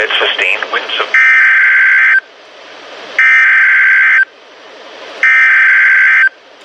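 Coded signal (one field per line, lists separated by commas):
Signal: Emergency Alert System (SAME) tones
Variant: header bursts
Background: speech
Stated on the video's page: NOAA Radio alerts.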